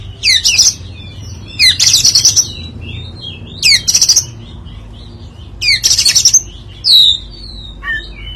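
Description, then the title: Oriental magpie-robin song: loud bursts of quick sweeping whistles and chattery notes, delivered in separate phrases roughly every one to two seconds with short pauses between. "Kacer"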